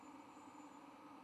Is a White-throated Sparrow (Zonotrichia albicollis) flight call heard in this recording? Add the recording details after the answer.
no. No flight call is heard. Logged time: 21:55 on 23 November 2014